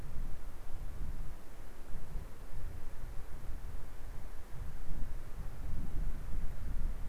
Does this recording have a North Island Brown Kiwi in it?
no